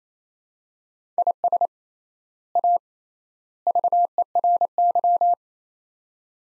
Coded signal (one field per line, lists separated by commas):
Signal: Morse code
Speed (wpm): 28 wpm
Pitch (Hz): 700 Hz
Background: none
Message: IS A VERY